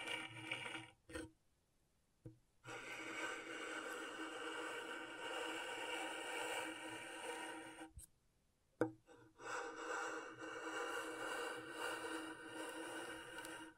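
Scratching on a scratchboard, a dense, steady rasp that runs in long continuous strokes. The sound cuts out in clear pauses near 1 and 8 seconds, with a short tap or click around 2 and 9 seconds before the scraping resumes at an even level.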